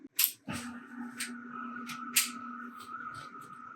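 The male and female plastic quick-connect ends of a cold therapy device's water hose are pushed together to connect the pad and the cooler, with sharp snaps at 0.2 s and 2.2 s over a steady low hum. The couplings seat and hold nice and tight.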